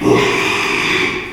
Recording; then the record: squeal of a Yucatan mini pig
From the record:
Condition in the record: after surgery on the right vocal fold (resection and tissue-engineered implant); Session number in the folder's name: 1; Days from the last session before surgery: 6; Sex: male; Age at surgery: 12 weeks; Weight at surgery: 13 kg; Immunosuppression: cyclosporine, prednisolone